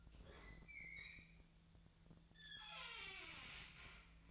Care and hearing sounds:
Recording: daily activity, microphone in the room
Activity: open fridge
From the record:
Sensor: 3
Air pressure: 1009.6 hPa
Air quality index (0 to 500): 194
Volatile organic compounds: 16 ppm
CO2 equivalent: 2522 ppm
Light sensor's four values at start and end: 35/87/37/39 and 34/86/37/39

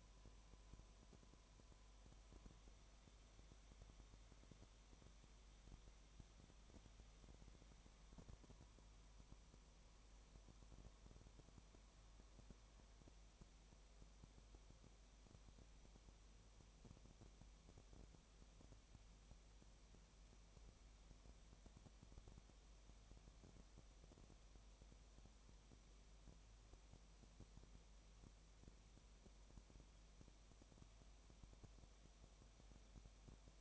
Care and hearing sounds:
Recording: daily activity, microphone in the room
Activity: no activity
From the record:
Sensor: 1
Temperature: 19.7 degrees Celsius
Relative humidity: 37.0%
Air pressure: 1007.2 hPa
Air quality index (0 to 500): 144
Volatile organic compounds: 5 ppm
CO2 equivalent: 1761 ppm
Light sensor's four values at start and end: 1/2/1/1 and 1/2/1/1

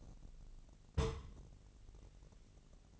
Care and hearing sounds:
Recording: daily activity, microphone in the room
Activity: place on stove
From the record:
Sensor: 4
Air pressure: 1000.1 hPa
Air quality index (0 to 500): 230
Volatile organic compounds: 31 ppm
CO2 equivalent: 2974 ppm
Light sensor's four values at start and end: 9/20/8/8 and 9/20/8/8

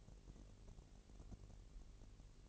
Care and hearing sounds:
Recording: daily activity, microphone in the room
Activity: take from stove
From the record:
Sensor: 4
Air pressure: 1002.8 hPa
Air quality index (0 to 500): 235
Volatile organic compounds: 10 ppm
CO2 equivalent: 2200 ppm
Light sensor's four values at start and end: 7/15/6/6 and 7/14/6/6

